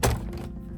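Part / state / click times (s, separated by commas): projector lamp module into projector lamp bay / seated / 0.0 s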